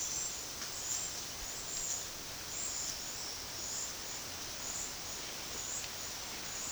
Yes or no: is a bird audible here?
no